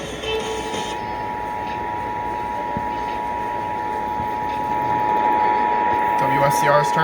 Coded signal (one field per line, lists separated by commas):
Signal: Emergency Alert System (SAME) tones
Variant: 853 and 960 Hz attention tone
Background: speech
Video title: ILLINOIS TEST PARTY - EAS Tests from 07/05/2022 (EAS #573-581)